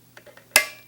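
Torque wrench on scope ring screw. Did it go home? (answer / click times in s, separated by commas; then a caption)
yes / 0.6 s. A torque wrench set to 30 inch-pounds tightens a scope ring screw, so that each screw is torqued uniformly without being over-torqued. A few faint ticks sound at 0.2 s and 0.4 s, then the wrench gives a sharp, loud click at 0.6 s that rings briefly and fades. The click confirms the screw has reached the 30 inch-pound setting.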